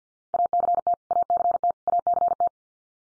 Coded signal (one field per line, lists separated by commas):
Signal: Morse code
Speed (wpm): 50 wpm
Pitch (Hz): 700 Hz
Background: none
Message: ACT ACT ACT